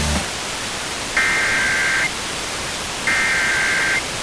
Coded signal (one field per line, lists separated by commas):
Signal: Emergency Alert System (SAME) tones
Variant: header bursts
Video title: Pennsylvania Required Monthly Tests (10/20/22) (EAS 1244-1254)